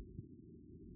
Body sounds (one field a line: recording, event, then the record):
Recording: neck accelerometer signal played as sound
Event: no cough (speech, laughter, throat clearing or background)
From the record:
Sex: male